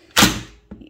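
A clear plastic dust bin, its lower part already clipped into the red-button mount, is pushed back into the body of a Dyson V15 cordless stick vacuum. A loud broadband rush swells at about 0.2 s and fades by 0.6 s, then two sharp clicks land at 0.7 s and 0.9 s. The whole bin closes and latches into place.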